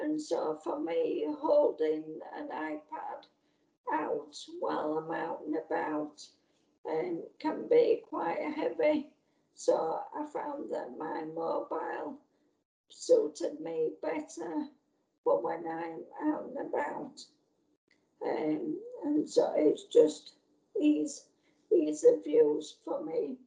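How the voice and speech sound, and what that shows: A woman speaks slowly in short phrases broken by frequent pauses, with a nasal, slightly creaky voice and a restarted word near the end. Her voice is getting tired as she speaks. This is mild dysarthria from motor neurone disease (MND), in which the muscles weaken.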